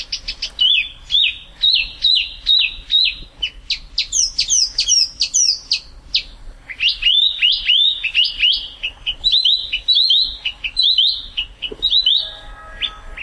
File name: spot throated babbler